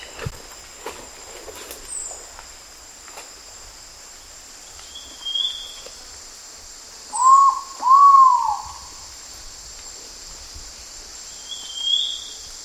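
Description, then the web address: Ivory-breasted pitta call: one pair of loud, hollow, arched whistles around eight seconds in, with faint high chirps and a steady insect hum. Recorded in Indonesia. "ULM-DS-Lab indonesian-bird-sounds. Pitta maxima"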